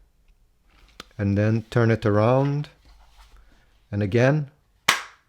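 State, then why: Seated. Someone talks while the foam face interface is refitted over the plastic glasses spacer on an Oculus Quest 2 VR headset, the spacer being added to give room for eyeglasses, and the second side is pressed down. A loud, sharp snap at 4.9 s marks the foam face interface clicking home, seated.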